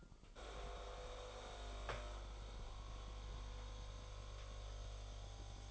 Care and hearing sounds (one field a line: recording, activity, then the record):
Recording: daily activity, microphone in the room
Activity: make coffee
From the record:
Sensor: 5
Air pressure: 995.2 hPa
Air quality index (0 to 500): 99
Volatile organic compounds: 6 ppm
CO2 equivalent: 1882 ppm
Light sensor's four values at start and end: 24/60/23/23 and 25/61/24/24